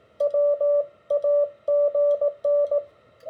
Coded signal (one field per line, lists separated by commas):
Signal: Morse code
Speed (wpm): 18 wpm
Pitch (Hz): 580 Hz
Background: radio noise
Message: WAGN